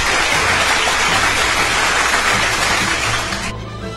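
A crowd applauds a contestant at an anime quiz contest in a dense, steady wash of clapping that holds at full strength for several seconds, then begins to thin and soften toward the end. No voices are heard.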